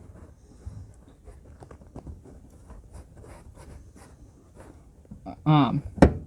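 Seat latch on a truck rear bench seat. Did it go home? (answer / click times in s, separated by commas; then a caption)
released / 6.0 s. Someone talks quietly while reaching down near the top of the rear 60/40 bench seat with arm in a 2011-2014 Ford F-150 SuperCrew to work the seat latch. A short burst of rustling comes at about 5.5 s, then a loud, sharp latch click at 6.0 s as the latch releases.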